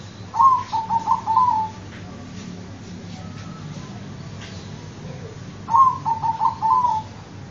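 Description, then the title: Dove cooing: two phrases of several coos each, the first near the start and the second about five seconds later, with quiet background between. "Canto Da Pomba"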